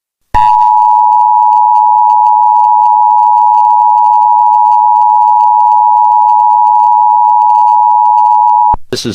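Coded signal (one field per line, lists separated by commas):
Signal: Emergency Alert System (SAME) tones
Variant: 853 and 960 Hz attention tone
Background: speech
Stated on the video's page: Fictional EAS scenario, simulated alert.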